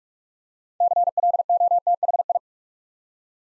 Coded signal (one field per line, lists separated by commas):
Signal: Morse code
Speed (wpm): 44 wpm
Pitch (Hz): 700 Hz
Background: none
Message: CLOTHI